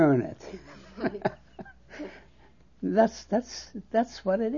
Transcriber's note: they laugh